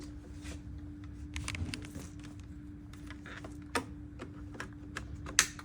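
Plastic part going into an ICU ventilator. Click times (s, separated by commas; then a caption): 5.4 s. A plastic part is pushed into a Maquet ICU ventilator during setup, with a steady low hum and a faint tone running under soft handling taps and rustles. A sharp, loud click at 5.4 s marks the part seating into the machine.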